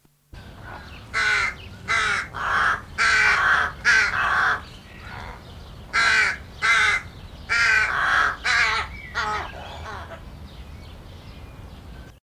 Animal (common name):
Hooded Crow